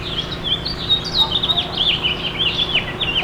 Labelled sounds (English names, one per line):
House Finch song